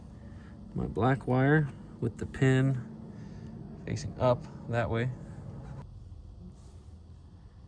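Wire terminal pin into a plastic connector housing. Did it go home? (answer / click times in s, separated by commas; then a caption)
no / none. A black wire's terminal pin, facing up, is handled for insertion into cavity 46 of a plastic connector housing on a 2006 Chevrolet Silverado LBZ during a factory exhaust brake and DSP 5 install. Someone talks over low background noise. Nothing has seated or clicked yet.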